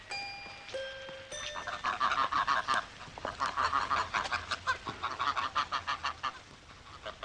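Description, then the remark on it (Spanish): A few short, steady tones open, then a flock of ducks quacks loudly in rapid, overlapping bursts, a harsh, nasal chorus pulsing on without pause and with no talking. “Me gustan los patos. Los encuentro raros. ¡Guac, guac, guac, guac, guac, guac!”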